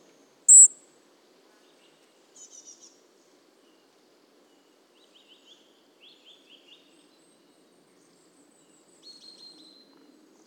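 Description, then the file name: European robin call, a single sharp high-pitched thin note near the start, followed by faint scattered twittering and trilled phrases. "Erithacus rubecula"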